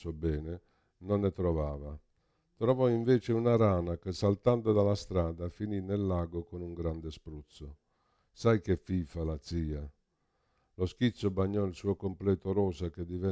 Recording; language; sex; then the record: read passage; Italian; male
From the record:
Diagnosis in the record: Parkinson's disease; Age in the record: 65 years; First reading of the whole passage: 52 s, 9.9 characters per second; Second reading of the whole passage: 50 s, 10.3 characters per second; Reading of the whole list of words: 40 s, 7.0 characters per second